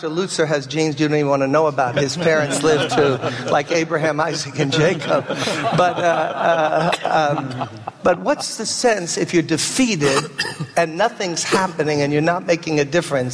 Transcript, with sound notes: Lutzer has genes you may want to know about. His parents lived to—like Abraham, Isaac, and Jacob. (laughter) But what’s the sense if you’re defeated and nothing’s happening, and you’re not making a difference?